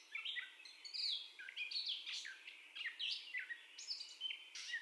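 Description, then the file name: Gray catbird song of quick, varied phrases: whistles, harsh chips and squeaky slurred notes tumbling out in an irregular stream over faint background noise. First song, recorded 30 May 2021. "2021-05-30 Catbird First Song"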